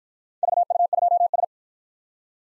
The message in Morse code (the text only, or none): VU2S